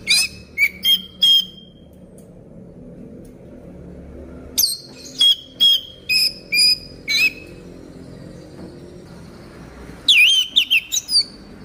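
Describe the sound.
Orange-headed thrush song in three bursts of whistled and chipping notes separated by silent gaps, the last burst a fast, jumbled phrase.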